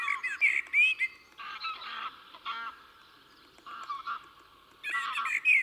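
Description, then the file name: Common blackbird phrases of rich warbled whistles at the start and end, with harsher, lower sounds in between. "Turdus merula"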